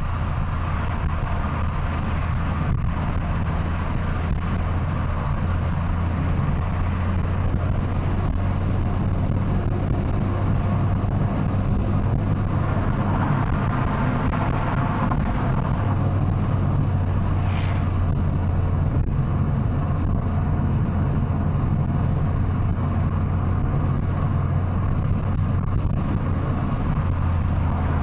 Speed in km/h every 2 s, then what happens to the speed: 94, 96, 97, 92, 88, 85, 87, 96, 105, 101, 101, 103, 103, 97.
4-11 slows to 85. 11-16 speeds up to 105. 16-24 steady at about 103. 24-28 slows to 97.